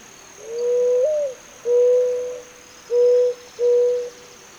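Zenaida dove uttering four loud, low, hollow coos: a long first note that lifts at its end, then three shorter even notes, over a faint steady whine.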